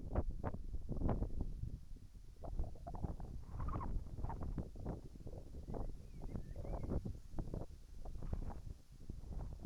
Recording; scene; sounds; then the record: everyday scene through a hearing-aid microphone; wind on the microphone; wind, whistling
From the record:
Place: in front of a rural house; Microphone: behind the ear, right, rear